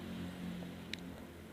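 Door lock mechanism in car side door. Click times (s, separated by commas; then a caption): 0.9 s. A Suzuki APV Luxury car side door, just fitted with a new outer handle, is tested by locking it. A sharp lock click sounds at 0.9 s over a steady low hum, and the door lock engages and the door is locked.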